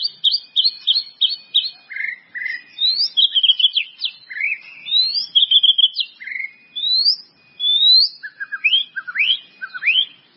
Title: murai batu